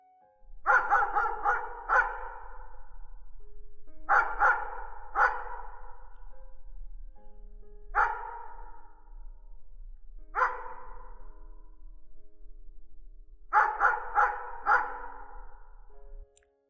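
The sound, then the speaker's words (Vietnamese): Around 11 a.m., a dog barks in the yard in bursts: quick runs of three or four sharp, mid-pitched barks, broken by pauses and a couple of single barks, with no one talking. “Khoảng 11 giờ trưa hôm đó, tự nhiên có con chó ngoài sân nó cứ sủa.”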